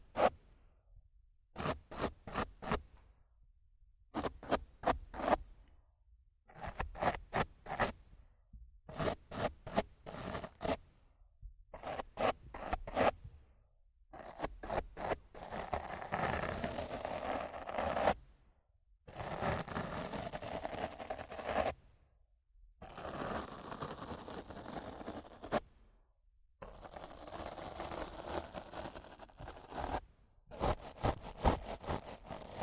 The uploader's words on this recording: ASMR Rough Mic Scratching & Brushing (No Talking).